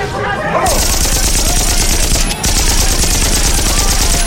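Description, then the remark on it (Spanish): Heavy, continuous gunfire crackles in a dense, loud barrage of rapid overlapping shots, dipping for a split second midway before the volley resumes just as fiercely, in a battle between Francisco Villa's troops and federal forces. “General Almazán, si disparo corremos el riesgo de matar a los nuestros.”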